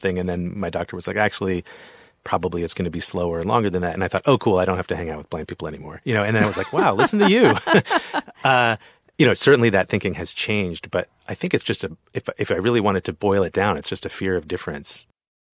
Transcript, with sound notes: And then my doctor was like, actually, probably it's going to be slower and longer than that. And I thought, oh, cool. I don't have to hang out with blind people anymore, you know? And then I was like...
(Laughter).
...Wow, listen to you. You know, certainly, that thinking has changed, but I think it's just a - if I really wanted to boil it down, it's just a fear of difference.